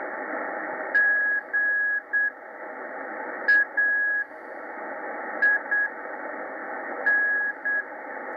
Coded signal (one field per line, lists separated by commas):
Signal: Morse code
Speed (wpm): 8 wpm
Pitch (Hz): 1650 Hz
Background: radio noise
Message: GAIN